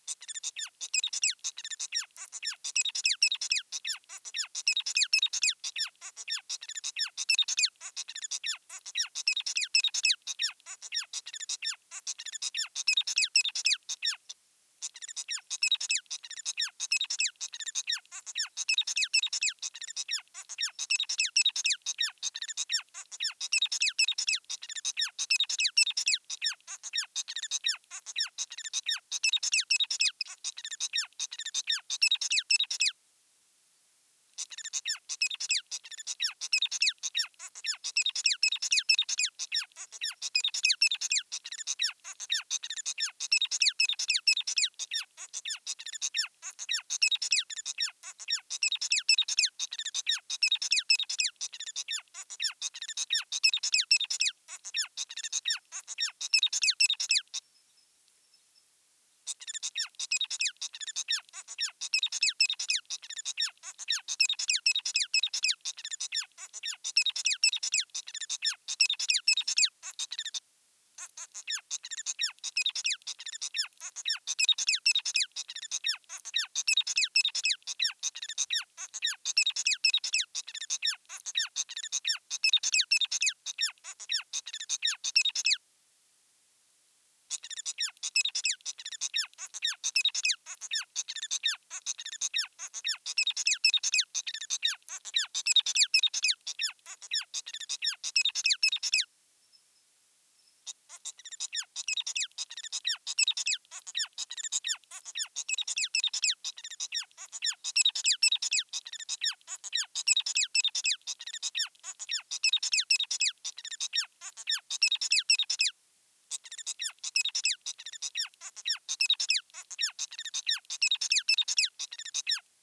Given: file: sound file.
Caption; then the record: Exemplar of two-minutes recording of Bird b09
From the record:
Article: Semi-Automatic Classification of Birdsong Elements Using a Linear Support Vector Machine